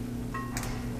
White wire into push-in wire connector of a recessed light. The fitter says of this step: and it clicks and you give it a good tug it's not going anywhere so that's in